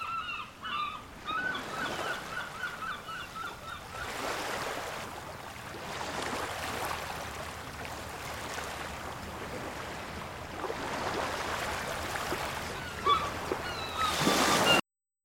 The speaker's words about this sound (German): Das Meer brandet in regelmäßigen Abständen an den Strand.